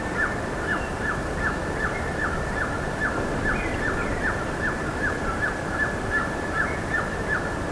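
Bird giving a steady run of brief downward-sliding whistled notes, about two and a half per second, with a few fainter higher notes mixed in over soft hiss.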